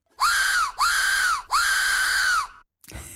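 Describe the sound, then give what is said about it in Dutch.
Three long, piercing shrieks from an Inca ritual flute made from a small child's skull, each rising then falling in pitch like a human death scream, loud and harsh with breathy overtones, followed by a brief noisy burst. “Tijdens een ritueel, daar gebruiken ze een fluit. Die klinkt als een doodskreet.”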